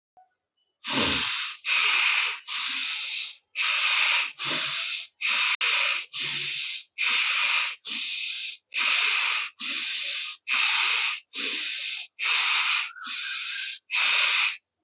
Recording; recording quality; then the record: shallow breathing; excellent, no background noise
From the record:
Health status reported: exposed to COVID-19, no respiratory illness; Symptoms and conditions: cough, cold, sore throat, loss of smell and taste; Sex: male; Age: 19 years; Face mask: not worn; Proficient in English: yes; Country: India